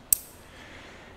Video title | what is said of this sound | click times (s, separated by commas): CNC Tech-Tip - The BEST way to use ER collets! | and you probably just heard that click on there and so that is now inserted into the collet | 0.1 s